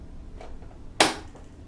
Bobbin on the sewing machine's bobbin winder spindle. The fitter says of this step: o clique tá vendo deixa eu ver se tá dando para ver direitinho eu vou